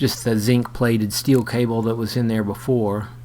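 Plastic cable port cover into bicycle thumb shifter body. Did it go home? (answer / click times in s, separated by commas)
no / none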